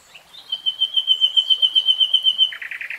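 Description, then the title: Nightingale song: a steady string of loud, pure whistled pips building in volume, then a throaty rapid trill. Nightingale singing, recorded in real time. "[Tiếng chim hót] 3 Hours REALTIME Nightingale Singing"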